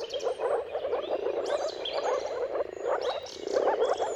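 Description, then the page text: Moor frogs producing rapid bubbling notes in short pulsing bursts, a busy overlapping chorus with birds singing faintly behind. Moor frogs in a mating chorus at sunrise, at the turn of March and April depending on the weather. "Dawn’s Chorus: Mating Calls of Marsh Frogs at Sunrise. Depending on the weather at the turn of March and April, you can witness an amazing spectacle of moor frogs. Jakub-Orzecki moor frogs"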